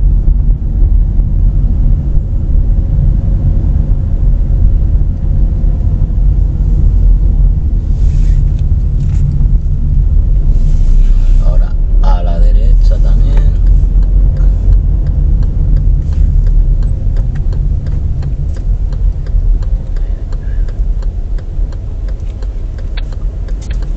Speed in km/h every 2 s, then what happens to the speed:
26, 25, 24, 20, 14, 19, 22, 22, 16, 8, 8, 6.
0-8 slows to 14. 8-14 speeds up to 22. 14-18 brakes to 8. 18-24 steady at about 8.